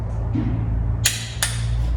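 A click-type torque wrench tightens bolts on a 302 engine in stages of 50, 60 and 70, over a steady low hum. Two sharp metallic clicks ring out at 1.1 s and 1.4 s, confirming the bolts have reached torque.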